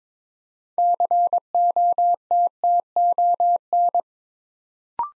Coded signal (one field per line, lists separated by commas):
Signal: Morse code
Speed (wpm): 23 wpm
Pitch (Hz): 700 Hz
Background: none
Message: COTTON